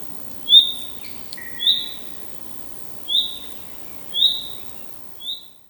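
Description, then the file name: Common chaffinch uttering five clear, sharp high call notes at uneven intervals of about a second, with one faint lower note early on. "Fringilla coelebs"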